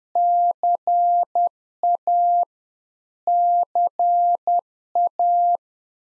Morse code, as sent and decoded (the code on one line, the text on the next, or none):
-.-. .- / -.-. .-
CA CA